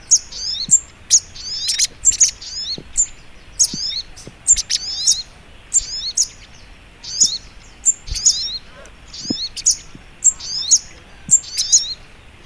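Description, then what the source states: Little spiderhunter giving a steady run of piercing high chirps and twittering slurs, phrases evenly spaced across the whole stretch. Training recording (masteran).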